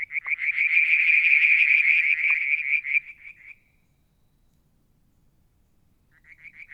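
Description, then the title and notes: Frog calling in a fast, pulsed high trill that runs for a few seconds, fades, then starts again near the end after a quiet gap. Limnodynastes peronii, Litoria verreauxii and an unidentified frog calling one evening near a water tank, Mount Wilson, New South Wales, Australia, July 2022. "Frog song, Mount Wilson, New South Wales, Australia in July 2022 – by Alexander Moffatt. Limnodynastes Peronii, Litoria Verreauxii and a mystery frog one evening near the water tank"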